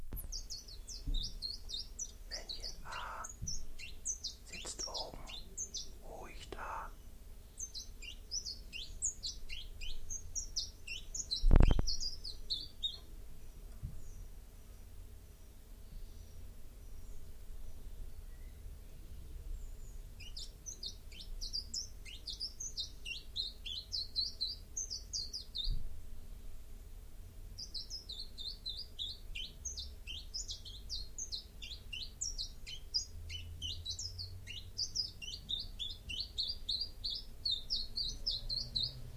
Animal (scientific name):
Phylloscopus collybita